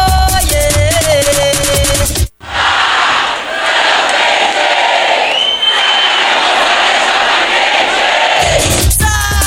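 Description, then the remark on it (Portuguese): A large crowd of Clube do Remo football supporters at the Pará Clube chants and roars together loudly for several seconds, a dense, sustained wall of voices with occasional whistles, framed by brief music at the start and end. “Só quem é azulino de coração vem cantar comigo. Bem forte, pra ficar registrado aqui no Paraclube.”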